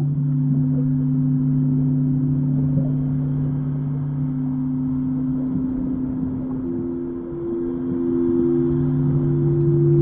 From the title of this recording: soundscape singing bowls, deep sea healing on the Great Barrier Reef